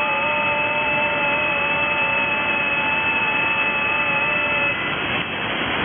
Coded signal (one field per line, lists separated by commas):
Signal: FT8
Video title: 7073T 30m 15th Nov 2023 Socotra Island Yemen 4180 miles (6727 km)